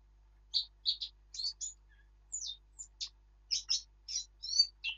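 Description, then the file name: Eurasian blackcap song: varied, high, chirpy and warbled notes in quick bursts with short pauses, over a quiet background. "Sylvia atricapilla"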